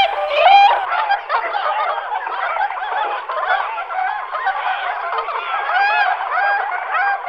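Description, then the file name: Tundra swans in a noisy flock, constant overlapping honks and yelps, one louder rising call near the start, the chorus holding steady to the end. "labuť-malá"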